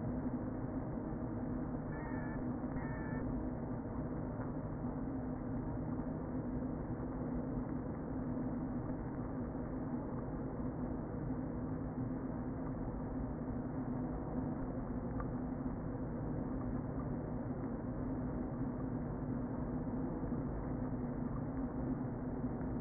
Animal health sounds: honeybee colony, microphone inside the hive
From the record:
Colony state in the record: queen present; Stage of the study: before two queens were removed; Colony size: about 60,000 bees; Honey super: yes

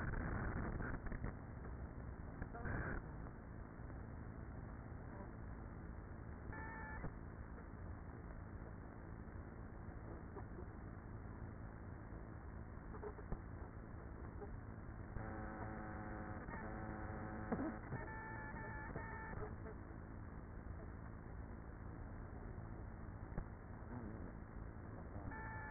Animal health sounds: honeybee colony, microphone inside the hive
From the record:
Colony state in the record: queenless with a low population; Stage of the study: after two queens were removed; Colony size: about 30,000 bees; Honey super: no

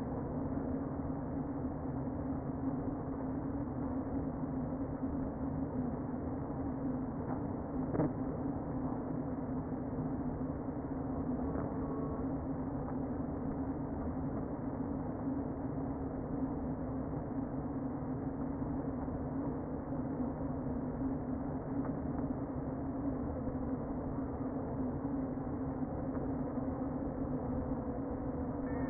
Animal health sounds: honeybee colony, microphone inside the hive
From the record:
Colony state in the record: queen present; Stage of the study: before two queens were removed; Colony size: about 60,000 bees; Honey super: yes

